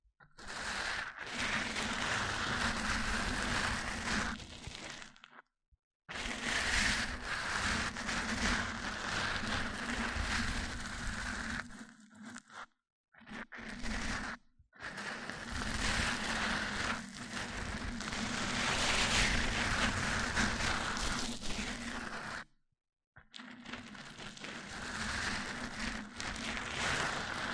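Microphone-on-microphone rubbing makes a dense, scratchy, crackling noise with a steady low hum underneath. The rubbing comes in long stretches, broken by short silent gaps around six, thirteen, fourteen and twenty-three seconds before starting again.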